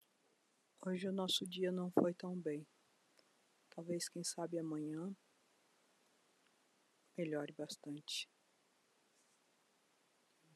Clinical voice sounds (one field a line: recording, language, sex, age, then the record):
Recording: spoken sentence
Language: Brazilian Portuguese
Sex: female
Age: 50 to 59 years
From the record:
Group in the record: control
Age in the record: 50 years